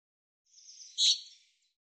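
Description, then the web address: Common chaffinch giving a single sharp, high call note with a faint buzzy lead-in, in an otherwise quiet background. "Deverinetal 2025 File cleaned normalized Bird Fr Co"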